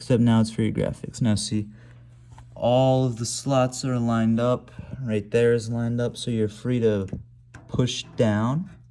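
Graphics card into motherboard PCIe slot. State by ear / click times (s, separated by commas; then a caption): not seated / none. A graphics card is lined up with the PCIe slot on a motherboard and readied to be pushed down while someone talks. Nothing has seated or clicked yet.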